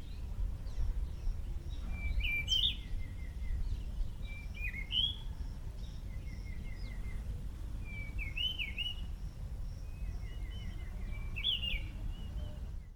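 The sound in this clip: Cape robin-chat song: short warbled phrases with quick rising and falling notes, alternating with buzzy trills, repeated about every three seconds over steady low rumble.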